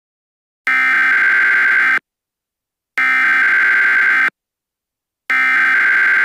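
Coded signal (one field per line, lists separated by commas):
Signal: Emergency Alert System (SAME) tones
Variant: header bursts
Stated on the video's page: Fictional EAS scenario, a remastered reupload of a fan-made fog alert with an added EAN alert and lockdown instructions.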